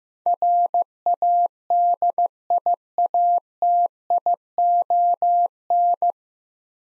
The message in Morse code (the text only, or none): RADIATION